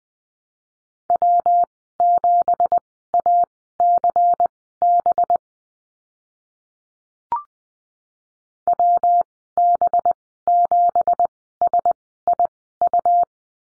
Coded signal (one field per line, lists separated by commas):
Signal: Morse code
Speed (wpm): 20 wpm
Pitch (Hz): 700 Hz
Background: none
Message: W7ACB WB7SIU